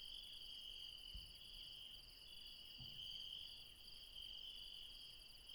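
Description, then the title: Night insects keep up a constant high trilling chorus; two soft low thumps break in briefly in the first half. Late night in the mountains at Refuge Krevatia, Barbala, near Dion, Greece. "Refuge Krevatia, Μπαρμπαλά, Dion 601 00, Greece - Late night mountain insects"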